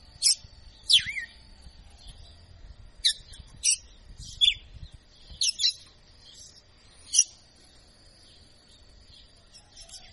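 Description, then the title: Red-cowled cardinal song: sharp, descending whistled notes, first in pairs, then thinning out and fading toward the end. Female; a 'professor' (teacher) bird singing in açoitando style. "Canto Galo Campina Fêmea. Galo de Campina Professor Açoitando ( Uma Verdadeira Máquina )"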